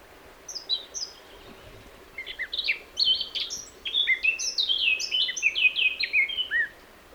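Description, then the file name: Eurasian blackcap song opening with a few thin high notes, then a hurried, jumbled warble that rises in volume into rich fluty whistles. "Sylvia atricapilla"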